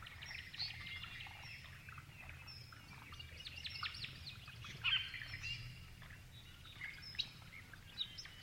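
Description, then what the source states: Grey-fronted honeyeaters chirping, dense overlapping high twitters throughout, with a louder cluster of notes midway, over faint low rumble. Several birds chirping together.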